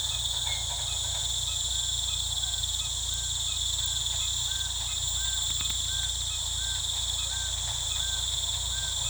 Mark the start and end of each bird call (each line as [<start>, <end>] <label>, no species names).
[4.49, 9.09] bird call